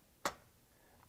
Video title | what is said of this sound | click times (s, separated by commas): Using RGB Video Lights | and that will click right into place there | 0.3 s